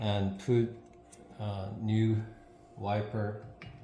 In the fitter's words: until you can hear some clicks out and that's it so you put you